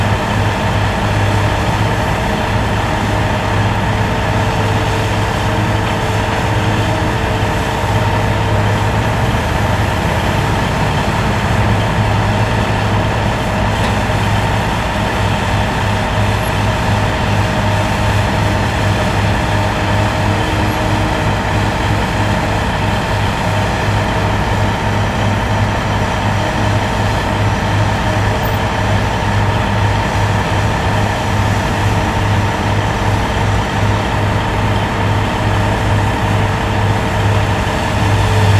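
Heavy machinery at a highway construction site runs without pause, a loud engine drone with a deep throbbing pulse underneath. Steady whining tones ride above the rumble, and the level holds even for the whole stretch with no breaks or separate events.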